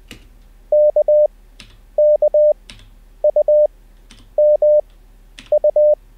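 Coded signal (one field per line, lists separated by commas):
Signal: Morse code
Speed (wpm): 20 wpm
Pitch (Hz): 600 Hz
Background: none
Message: KKUMU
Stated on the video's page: Morse code learning session, livestreamed, day 1.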